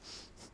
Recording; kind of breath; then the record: one breath in and out by a microphone near the nose and mouth; strong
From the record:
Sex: male